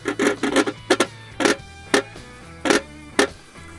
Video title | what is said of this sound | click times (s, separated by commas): Easy Installation. Quick ROI - Alcoa® Aerodynamic Steer Cover | you hear that clicking in place, or you can use the optional wrench, | 0.6 s, 1.0 s, 1.4 s, 1.9 s, 3.2 s